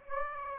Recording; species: mosquito wingbeat signal from an infrared sensor; Aedes aegypti